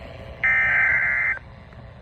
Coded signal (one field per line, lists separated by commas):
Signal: Emergency Alert System (SAME) tones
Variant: header bursts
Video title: Tornado Warning! EAS #456